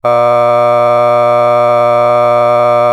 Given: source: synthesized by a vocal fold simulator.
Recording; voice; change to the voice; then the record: sustained vowel; male; a random mix of aspiration noise, stiffness perturbation and strain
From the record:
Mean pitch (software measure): 120 Hz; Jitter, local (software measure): 0.76%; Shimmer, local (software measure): 1.7%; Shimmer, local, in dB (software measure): 0.14 dB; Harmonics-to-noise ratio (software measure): 20.8 dB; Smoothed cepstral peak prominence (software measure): 20.9 dB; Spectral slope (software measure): -16.3 dB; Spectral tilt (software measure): -10.3 dB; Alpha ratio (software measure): -6.8 dB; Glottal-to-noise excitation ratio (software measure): 0.989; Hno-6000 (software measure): 2.2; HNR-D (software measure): 30.6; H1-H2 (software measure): 3.4 dB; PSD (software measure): 5.8e-05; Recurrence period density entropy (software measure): 0.115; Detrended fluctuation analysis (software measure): 0.0369